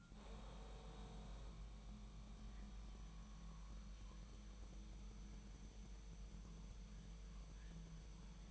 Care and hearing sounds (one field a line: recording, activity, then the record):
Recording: daily activity, microphone in the room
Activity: make coffee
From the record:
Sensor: 1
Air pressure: 1002.0 hPa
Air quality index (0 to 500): 242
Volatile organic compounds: 47 ppm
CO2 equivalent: 3256 ppm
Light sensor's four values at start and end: 8/28/10/11 and 8/28/10/11